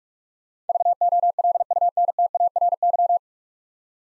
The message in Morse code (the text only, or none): VOLUNTARY